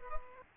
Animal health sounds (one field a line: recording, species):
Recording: mosquito wingbeat signal from an infrared sensor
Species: Culex pipiens